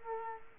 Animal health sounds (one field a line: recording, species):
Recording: mosquito wingbeat signal from an infrared sensor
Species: Culex quinquefasciatus